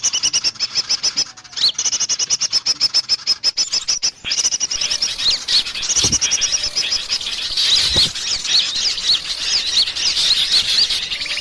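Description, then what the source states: Birds calling: a fast run of sharp clicking pulses for about four seconds, then dense overlapping high chirps and twitters. Lure recording, 'pikat 1000 burung', meaning a lure for a thousand birds, used to attract birds.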